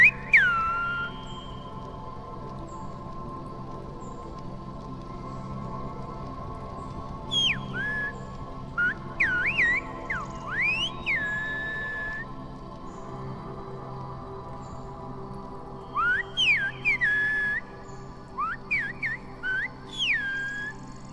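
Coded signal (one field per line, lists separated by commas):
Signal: whistled language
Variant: Silbo Gomero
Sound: loud gliding whistled phrases rising and falling in pitch, in two groups with a pause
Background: steady low hum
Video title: "El Silbo" and the Whistling Shepherds of La Gomera (Canary Islands, Spain)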